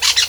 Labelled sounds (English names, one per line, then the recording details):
Brown-throated Parakeet contact call
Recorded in Venezuela
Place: Guárico; Corozopando; Fundo La Fe
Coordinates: 8.506, -67.593